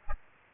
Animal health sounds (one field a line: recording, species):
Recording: mosquito wingbeat signal from an infrared sensor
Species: Aedes aegypti